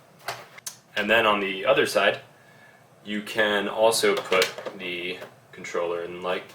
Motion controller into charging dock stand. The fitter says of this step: has a satisfying little click when you pop it in there